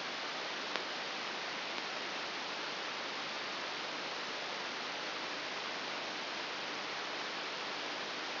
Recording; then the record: brain microelectrode recording played as sound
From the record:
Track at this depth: inside the subthalamic nucleus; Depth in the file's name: 4.801 mm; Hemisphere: right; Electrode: 3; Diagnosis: Parkinson's disease